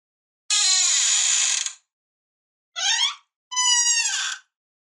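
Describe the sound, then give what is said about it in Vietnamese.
A solitary-confinement cell door is unlocked and swung open: a long bright metallic grinding rattle, then two shorter creaking, squealing scrapes after a pause, with no voices. “Cửa mở, ánh đèn pin chiếu sáng vị trí mà Vũ đang nằm.”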